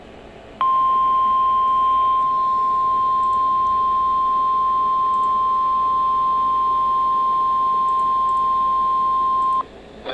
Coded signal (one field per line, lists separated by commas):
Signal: Emergency Alert System (SAME) tones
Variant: 1050 Hz attention tone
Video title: Severe Thunderstorm Watch from 07/16/2024 (EAS #383)